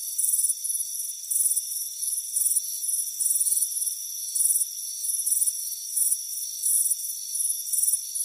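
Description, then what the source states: High, scratchy cricket chirps in uneven bursts, some longer trills, set against continuous thin insect buzzing. Crickets chirping on a warm afternoon on a front porch.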